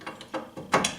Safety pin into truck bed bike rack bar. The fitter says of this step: the safety pin and Barsky locked into place and